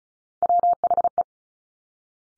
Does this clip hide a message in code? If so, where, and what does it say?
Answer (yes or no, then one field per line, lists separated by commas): yes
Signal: Morse code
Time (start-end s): 0.4-1.2 s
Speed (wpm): 36 wpm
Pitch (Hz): 700 Hz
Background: none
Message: WHE